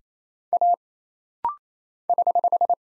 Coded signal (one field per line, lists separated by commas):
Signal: Morse code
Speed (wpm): 27 wpm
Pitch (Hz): 700 Hz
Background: none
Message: A <HH>